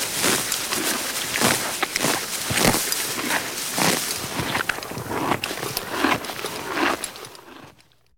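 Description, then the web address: Horse grazing, crunching chews at an uneven pace, fading out at the close. Horse eating grass. "horse eating grass animal"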